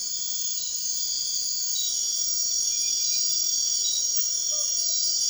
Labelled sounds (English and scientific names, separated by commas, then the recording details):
none
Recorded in dense forest near Puerto Asís, Putumayo, Colombia, on 21 March 2025 at 01:00
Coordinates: 0.499, -76.324
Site GP03